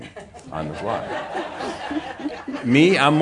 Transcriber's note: laughter